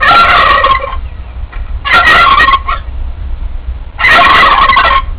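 Turkey gobbling: three loud, rapid gurgling bursts roughly two seconds apart, each lasting about a second, with quieter low rumble between them.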